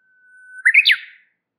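Warbler with a thin held whistle that breaks into a rapid jumble of high twittering notes lasting under a second.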